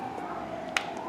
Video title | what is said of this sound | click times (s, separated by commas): Dodge Dakota: Rear Wheel Studs & E-Brake Shoes | there she comes make sure it clicks on the lip | 0.8 s